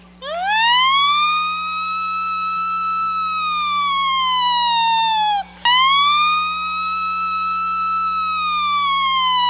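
A loud electronic siren wails, climbing sharply then sliding slowly down in pitch, cutting off briefly before a second rising sweep begins. Its tone is rich with buzzy harmonics, and no one speaks.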